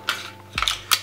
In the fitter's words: pull it back it'll click right in place